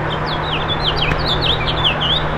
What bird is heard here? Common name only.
House Finch